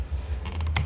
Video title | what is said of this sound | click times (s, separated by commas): TOYOTA / LEXUS Fuel Pump Test & Replacement Procedure | it's snapped into place. | 0.8 s